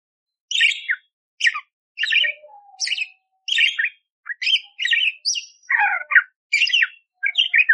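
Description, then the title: Budgerigar chirping: a run of short, harsh, high notes, with a thin whistle and a few lower squawks between them. Pet-bird tutor recording (masteran) of budgerigar song: loud, clear and energetic, with harsh rapid fill-in phrases (isian tembakan kasar), meant for training magpie-robins (kacer). "Masteran Burung Parkit Gacor Jernih Durasi Panjang 1 Jam Full Isian Tembakan Kasar Cocok Buat Kacer"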